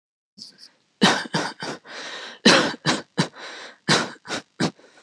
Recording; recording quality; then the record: shallow voluntary cough; excellent, no background noise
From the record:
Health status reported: healthy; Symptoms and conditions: none ticked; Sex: male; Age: 28 years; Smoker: not ticked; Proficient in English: yes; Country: India